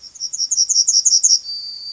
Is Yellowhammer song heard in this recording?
yes